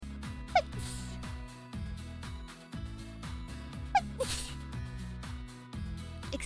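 Two quick, light sneezes, each a brief high-pitched catch then a soft burst, over steady background music.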